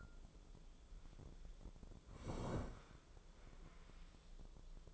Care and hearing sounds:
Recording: daily activity, microphone in the room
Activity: sit down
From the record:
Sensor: 5

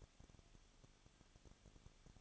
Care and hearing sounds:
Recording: daily activity, microphone in the room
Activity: no activity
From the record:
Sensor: 4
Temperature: 23.0 degrees Celsius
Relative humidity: 34.6%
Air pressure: 1007.2 hPa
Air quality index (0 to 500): 215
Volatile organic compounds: 15 ppm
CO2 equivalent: 2496 ppm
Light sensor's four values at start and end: 2/3/1/1 and 2/3/1/1

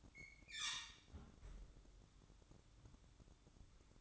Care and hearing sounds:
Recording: daily activity, microphone in the room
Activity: close fridge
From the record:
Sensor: 3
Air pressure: 1007.7 hPa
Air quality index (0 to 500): 54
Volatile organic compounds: 1 ppm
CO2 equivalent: 590 ppm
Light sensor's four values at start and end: 12/29/12/12 and 12/29/12/12

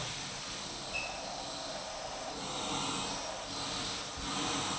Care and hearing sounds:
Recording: daily activity, microphone in the room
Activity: vacuum cleaning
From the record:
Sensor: 1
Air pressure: 991.0 hPa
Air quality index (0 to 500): 118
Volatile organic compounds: 173 ppm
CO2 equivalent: 4118 ppm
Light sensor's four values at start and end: 19/45/19/21 and 19/45/19/21

